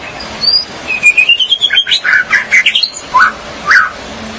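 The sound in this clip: Magpie-robin or shama song: a run of short whistled and swooping notes.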